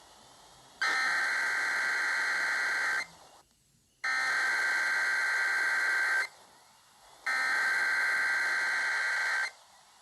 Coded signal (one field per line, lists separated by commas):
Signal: Emergency Alert System (SAME) tones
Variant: header bursts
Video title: EAS: Tennessee Amber Alert on WSIX (03/08/2024)